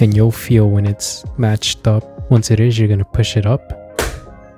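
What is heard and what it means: Someone talks over music while the right plastic side cover of a PS5 game console is placed on top of the body and pushed up into its latches. A single sharp click at 4.0 s signals that the cover is seated back in place.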